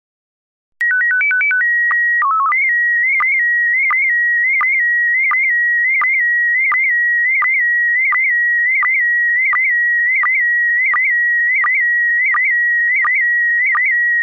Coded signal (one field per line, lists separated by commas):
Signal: SSTV (slow-scan television)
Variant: PD 90